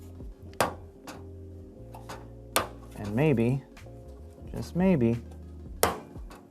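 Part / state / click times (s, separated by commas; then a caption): metal I/O shield into PC case rear opening / seated / 5.8 s. A metal I/O shield is pushed from inside a PC case with the butt end of a screwdriver into the rear opening, with sharp metallic taps at 0.6 s and 2.6 s while someone talks. It pops into place with a final sharp snap at 5.8 s, seating the shield in its opening.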